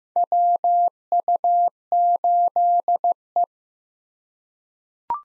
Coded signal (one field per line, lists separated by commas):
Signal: Morse code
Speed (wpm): 15 wpm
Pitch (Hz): 700 Hz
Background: none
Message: WU8E